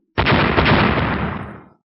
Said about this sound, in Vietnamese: Một tiếng nổ lớn vang lên, quang trụ kịch liệt vặn vẹo rung rẩy, nhưng mà cứng cỏi đáng sợ.